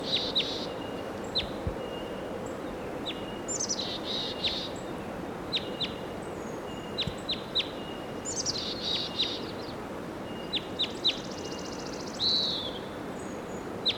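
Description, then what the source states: Crossbill calls, scattered short high chips and a few brief buzzy bursts, irregularly spaced, over steady background noise. Wild male perched on the top of a tall tree.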